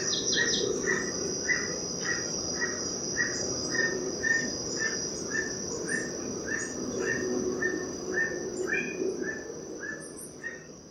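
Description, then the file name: Emerald toucanet giving a steady series of short croaking notes about twice a second, over a constant high insect drone and a low rushing background. "aulacorhynchus prasinus"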